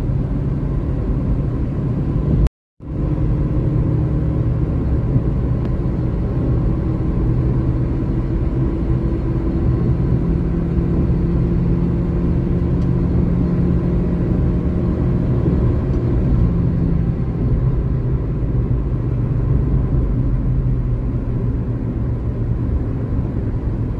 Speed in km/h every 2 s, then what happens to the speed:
113, 117, 121, 125, 128, 131, 134, 136, 122, 101, 87, 82.
0-14 speeds up to 136. 14-24 brakes to 82.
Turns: none.